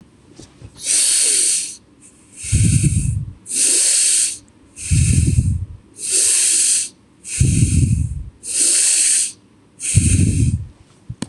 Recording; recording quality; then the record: shallow breathing; excellent, no background noise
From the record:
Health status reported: healthy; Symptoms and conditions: none ticked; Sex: male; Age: 24 years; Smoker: not ticked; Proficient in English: yes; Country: India